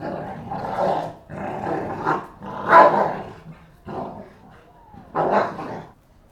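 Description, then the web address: Pit bull: pit bulls snarl and growl in several separate harsh bursts with short gaps, one louder snarl near the middle, intense and throaty throughout. Two pit bulls fighting. "NS Studios - ultra sound collection animals dogs - Pit bull Tessa Pit bull Bahko"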